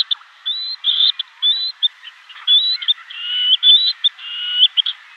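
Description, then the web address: Black-necked grebe calls: a busy run of high whistled and squeaky notes, several rising or level, following each other closely with chattering underneath. "Schulze Peter Black-necked Grebe"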